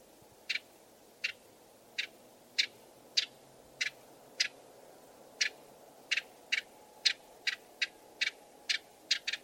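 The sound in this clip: Bird uttering many short, sharp ticking notes at irregular intervals over a soft background hiss.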